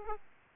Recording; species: mosquito wingbeat signal from an infrared sensor; Aedes aegypti